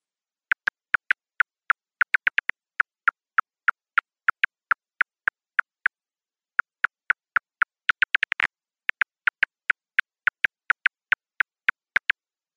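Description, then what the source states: Bat echolocation clicks, a series of sharp ticks, slow at times and at times speeding into quick bursts, with a brief pause midway. Ultrasonic calls made audible with a special recorder; clicks slow at times then speed up, the speeding up meaning the bat is going after insects.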